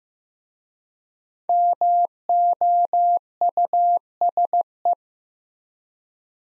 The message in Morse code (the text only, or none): MOUSE